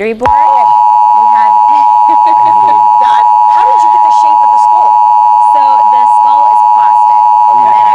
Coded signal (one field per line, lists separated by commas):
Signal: Emergency Alert System (SAME) tones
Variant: 853 and 960 Hz attention tone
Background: speech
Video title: EAS Mini - Freddy Kruger Nightmare? Or A Dumb Halloween Prank?